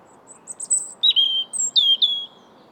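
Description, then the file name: European robin song with thin high notes leading into clear, drawn-out whistles that dip and level off, repeated in a few sliding phrases, over quiet background hiss. "Erithacus rubecula"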